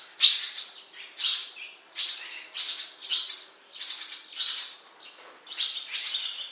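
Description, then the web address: Bird calling: loud harsh high notes repeated every second or less, each fading quickly, with faint hiss between. "Bird Only"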